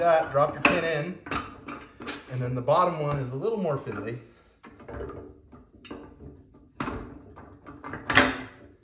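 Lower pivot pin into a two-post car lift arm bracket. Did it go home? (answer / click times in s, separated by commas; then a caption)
yes / 8.2 s. Someone talks while fiddling with the steel lower pivot pin of a MaxJax two-post car lift arm, with scattered metallic clinks and knocks. The pin drops home into the column bracket with a sharp metallic knock at 8.2 s, and it is seated.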